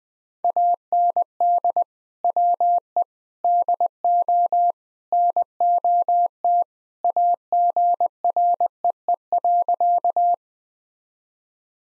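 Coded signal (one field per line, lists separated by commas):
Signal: Morse code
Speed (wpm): 21 wpm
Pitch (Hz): 700 Hz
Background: none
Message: AND WE DO NOT AGREE.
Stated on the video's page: Morse practice at 20 wpm: sentences built from common four-word phrases, each sent in Morse, spoken, then sent again for head-copy training.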